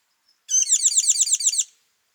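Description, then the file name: Tinkling cisticola gives a single quick rattle of about nine bright, down-slurred, tinkling notes lasting just over a second, with silence around it. Call recorded at Kawelwa, Zambia, on 12 December 2021. "Tinkling Cisticola call ZM Kawelwa"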